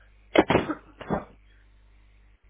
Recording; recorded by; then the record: voluntary cough; telephone call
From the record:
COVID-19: negative